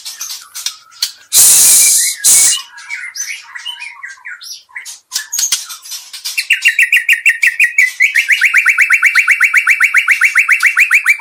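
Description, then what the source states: White-rumped shama: songbird giving mixed chattering notes, interrupted by two loud hissing bursts, then a long fast rattle of repeated notes through the second half. Medan type song.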